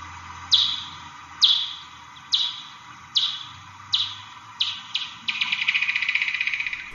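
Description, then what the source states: Big brown bat echolocation, downward chirps about one per second, speeding up and ending in a fast buzz of rapid pulses. Recorded feeding at Indian Well State Park, Shelton, Connecticut; most often recorded species; search and approach calls, then very rapid pulses when closing in on an insect.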